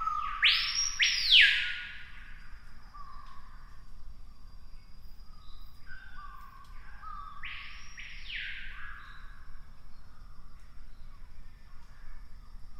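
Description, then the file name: Screaming piha: a loud sweeping whistled scream at the start and another about seven seconds later, separated by quieter low whistles and soft background calling. "piha bird scream"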